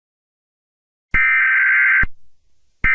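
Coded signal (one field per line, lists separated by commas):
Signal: Emergency Alert System (SAME) tones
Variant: header bursts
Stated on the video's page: Fictional zombie apocalypse EAS rendition with TTS, not a real alert.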